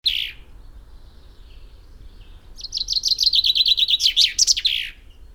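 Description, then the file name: Common chaffinch singing: the tail of one phrase, then a full trilled phrase that closes with a sharp, emphatic flourish. "Fringilla coelebs"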